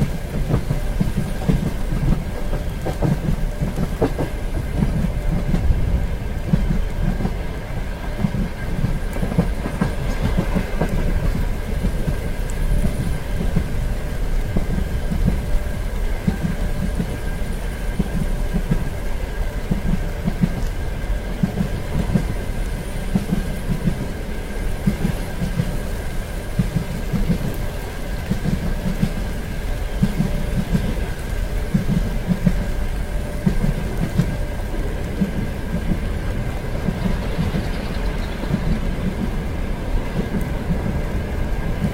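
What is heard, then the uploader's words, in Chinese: Inside a train carriage on a rainy day, a steady low rumble of the moving train runs throughout, with a faint rhythmic rattle from the wheels. A thin, high hum sits over it, and the level barely changes for the whole stretch. 雨天 在温暖的车厢里惬意的休息。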